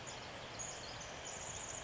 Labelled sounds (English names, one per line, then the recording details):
Pacific Wren
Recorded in Sonoma County, California